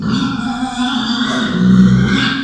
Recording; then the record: squeal of a Yucatan mini pig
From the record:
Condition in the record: after surgery on the right vocal fold (resection and tissue-engineered implant); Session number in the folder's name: 14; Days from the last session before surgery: 133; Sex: female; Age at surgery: 19 weeks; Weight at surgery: 25 kg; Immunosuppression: prednisolone